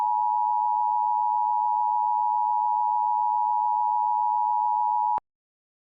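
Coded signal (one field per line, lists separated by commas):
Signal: Emergency Alert System (SAME) tones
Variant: 853 and 960 Hz attention tone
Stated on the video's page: Civil emergency message relayed via a TV station.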